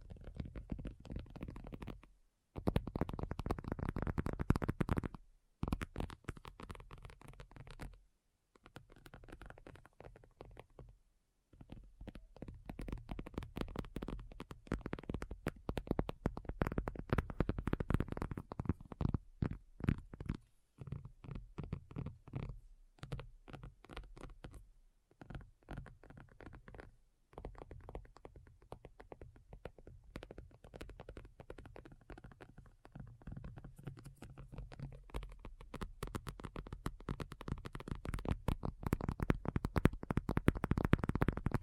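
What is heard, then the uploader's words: Rapid tapping runs through almost the whole clip, dense clusters of soft, dull knocks that come faster than they can be counted. Brief silent gaps break it up near 2, 5, 8, 11 and 27 seconds. The tapping grows fuller and louder toward the end. ASMR Addictive Tapping. (No Talking).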